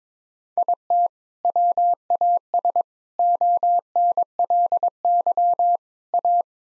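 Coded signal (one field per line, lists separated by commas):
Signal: Morse code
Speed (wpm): 22 wpm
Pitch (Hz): 700 Hz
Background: none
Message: IT WAS ONLY A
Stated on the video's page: Morse code practice at 22 wpm: sets of nine-word groups for head-copy, each sent in Morse, spoken, then sent again.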